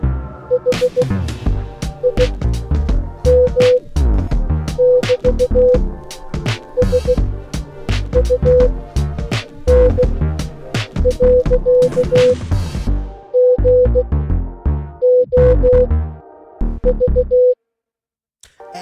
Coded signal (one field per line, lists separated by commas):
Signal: Morse code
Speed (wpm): 16 wpm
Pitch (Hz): 500 Hz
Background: music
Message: HIM<BT>SUN.GOV